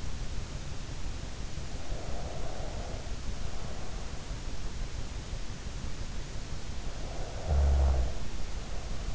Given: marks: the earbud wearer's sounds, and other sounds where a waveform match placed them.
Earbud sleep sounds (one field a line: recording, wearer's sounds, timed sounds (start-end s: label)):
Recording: sounds in sleep by an in-ear microphone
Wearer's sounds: breath, snoring breath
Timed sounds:
1.61-4.18 s: breath
6.83-9.15 s: snoring breath